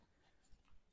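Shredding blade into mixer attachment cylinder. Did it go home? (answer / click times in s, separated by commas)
no / none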